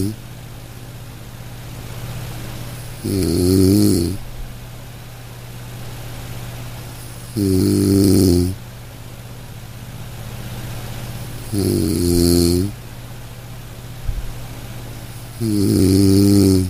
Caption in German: Sanfte Schlummerklänge: Entspannung mit dem Klang des Schnarchens. Lass dich von den sanften und rhythmischen Geräuschen des Schnarchens in einen tiefen und erholsamen Schlaf begleiten. Das monotonale Brummen kann eine beruhigende Wirkung haben.